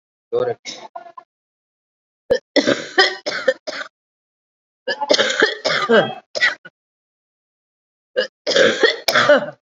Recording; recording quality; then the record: heavy voluntary cough; excellent, no background noise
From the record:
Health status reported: COVID-19 positive, moderate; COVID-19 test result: positive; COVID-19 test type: RT-PCR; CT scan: not taken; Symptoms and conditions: cough, cold, breathing difficulty, fever, fatigue, muscle pain, loss of smell and taste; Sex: female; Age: 57 years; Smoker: no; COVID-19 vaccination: both doses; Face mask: not worn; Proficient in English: no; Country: India